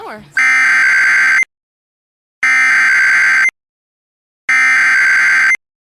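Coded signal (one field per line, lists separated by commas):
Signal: Emergency Alert System (SAME) tones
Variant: header bursts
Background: speech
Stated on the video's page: Mock wildfire alert scenario for Pueblo County, shown from multiple perspectives.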